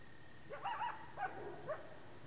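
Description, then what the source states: Coyote yipping: three quick bursts of high wavering yelps within two seconds, set against a steady low hiss. Recorded late at night on 30 March 2012.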